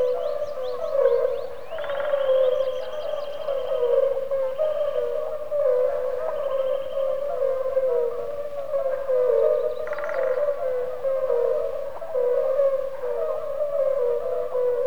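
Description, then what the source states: Fire-bellied toad chorus: many soft, fluty notes blend into a steady wavering tone, joined now and then by short high bird phrases. Calling ('ooking') without pause in pools left after the spring flood, near a river island.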